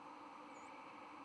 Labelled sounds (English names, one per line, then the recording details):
White-throated Sparrow flight call
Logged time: 04:30 on 5 November 2014